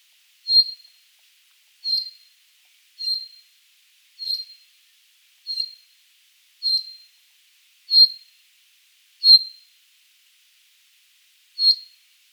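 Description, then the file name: Common chaffinch repeating bright, clipped 'pink' calls about every 1.3 seconds, nine notes with a longer pause before the last, and no other sounds. "Fringilla coelebs"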